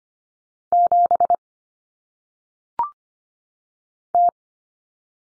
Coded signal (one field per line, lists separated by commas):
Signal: Morse code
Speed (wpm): 25 wpm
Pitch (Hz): 700 Hz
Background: none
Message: 7 T